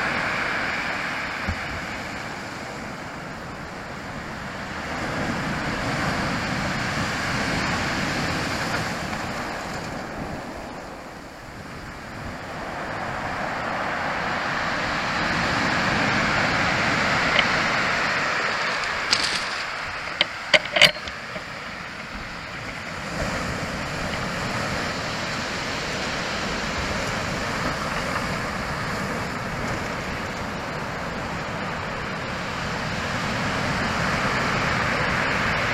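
Big waves crash on the beach in a continuous roar that swells and eases every few seconds, with sharp clicks around twenty seconds.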